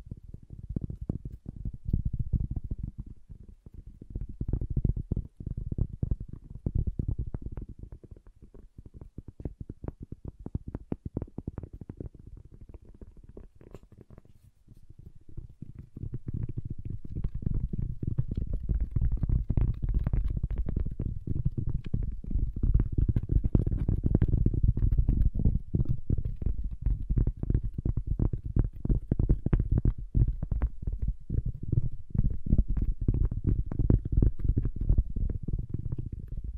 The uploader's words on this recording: ASMR Calming Wood Triggers for Sleep (No Talking).